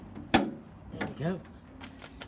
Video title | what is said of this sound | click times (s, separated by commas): FANTASTIC MESSERSCHMITT KR200 | lift it up until it clicks there we go | 0.3 s